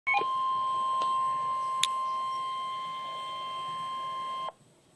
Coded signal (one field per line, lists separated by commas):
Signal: Emergency Alert System (SAME) tones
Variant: 1050 Hz attention tone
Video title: Tornado Warning! + Flood Warning(EAS #35)-NOAA